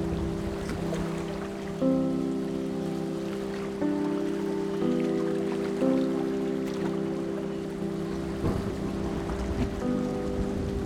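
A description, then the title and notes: A boat's engine drones steadily, a low humming tone that shifts pitch slightly every second or two. Scattered sharp splashes and slaps of water break through now and then, with a light rain-like patter underneath. Splashing Waves as the Boat Goes.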